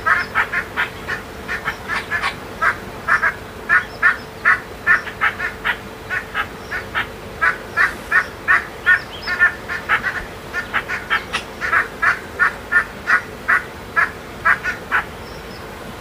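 Morning on the Zambezi River, with a bird calling in quick, regular bursts of short, nasal, duck-like notes that run through the whole clip, about two or three per second. A faint, steady low tone and a soft hiss sit underneath.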